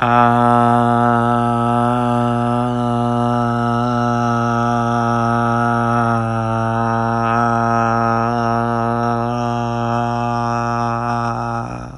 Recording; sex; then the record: sustained vowel /a/; male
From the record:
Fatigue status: no fatigue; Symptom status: asymptomatic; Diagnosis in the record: COVID-19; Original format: m4a